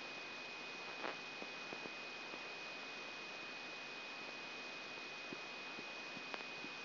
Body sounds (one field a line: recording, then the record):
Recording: brain microelectrode recording played as sound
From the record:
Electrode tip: outside the subthalamic nucleus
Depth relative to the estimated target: -2 mm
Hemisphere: right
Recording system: AlphaMap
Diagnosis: Parkinson's disease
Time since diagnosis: 16 years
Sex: male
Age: 60 years